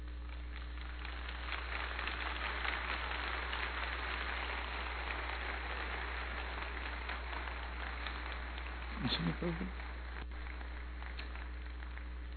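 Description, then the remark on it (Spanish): Sustained applause from a crowd at a spiritual convocation, a dense, steady patter of many hands clapping that holds for several seconds, with a brief voice rising near the end. “Yo agradezco el aplauso como demostración que entendieron,”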